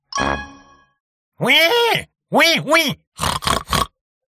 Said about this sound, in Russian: Мои думы были прерваны не то воем, не то хрюканьем. Наш лагерь окружили человекоподобные существа, сильно напоминавшие зверолюдей со свиными головами.